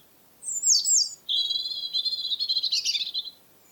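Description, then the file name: European robin song: a high thin squeaky phrase followed by a lower rapid, slightly buzzy trill. "european robin - erithacus rubecula"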